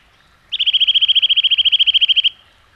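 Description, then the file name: Eurasian nuthatch giving a fast, even trill of about twenty-five clear notes near one pitch, lasting just under two seconds, with a quiet background. "csuszka"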